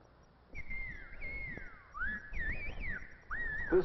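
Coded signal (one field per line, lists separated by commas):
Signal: whistled language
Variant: Silbo Gomero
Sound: a clear whistle gliding up and down in pitch, in four or five connected phrases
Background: outdoor noise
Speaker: So, the Gomeras contrived an extraordinary form of telephonic speech, whistling, which can be understood over a distance of 3 differences in pitch. This whistling language is of great interest to linguistic scientists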